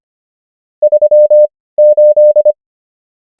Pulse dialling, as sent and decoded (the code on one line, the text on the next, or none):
none